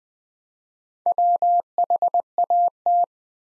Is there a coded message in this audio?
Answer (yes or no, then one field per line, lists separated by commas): yes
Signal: Morse code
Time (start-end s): 1.1-3.0 s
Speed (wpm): 21 wpm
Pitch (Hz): 700 Hz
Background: none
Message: WHAT